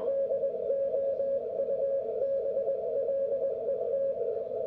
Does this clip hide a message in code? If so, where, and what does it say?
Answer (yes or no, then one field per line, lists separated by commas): yes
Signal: Morse code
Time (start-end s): 0.1-4.1 s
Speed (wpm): 21 wpm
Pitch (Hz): 560 Hz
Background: radio noise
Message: DOUBLET